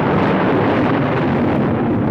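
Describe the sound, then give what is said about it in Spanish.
A heavy, sustained rumble of thunder rolls on loudly and steadily for a couple of seconds, a deep, dense roar with no voices. “trueno ahogó sus aterrados cacareos.”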